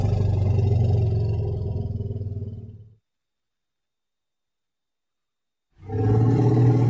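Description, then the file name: Elephant rumble, a deep pulsing growl with rapid regular throbs, fading out, then resuming after a silent pause. "Tieng voi keu"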